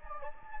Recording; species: mosquito wingbeat signal from an infrared sensor; Anopheles gambiae